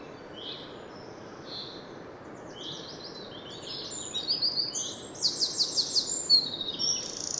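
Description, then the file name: Eurasian wren song, starting faint and scattered, then swelling into rapid high trills over the last few seconds against steady background hiss. "Troglodytes troglodytes"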